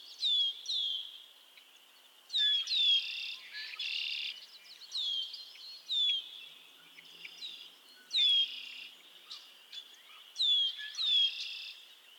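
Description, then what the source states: Frog chorus with pairs of sharp sliding peeps and buzzy trills recurring every few seconds over a continuous high chorus. Chorus of frogs calling to one another on a summer evening at Miners Marsh, Annapolis Valley, Nova Scotia.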